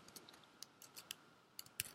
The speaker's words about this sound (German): Wir können ja einfach mal die Fresse halten und man hört die ganze Zeit nur dieses Getippe auf der Tastatur und mal sehen, ob sie auch dann noch zuhören.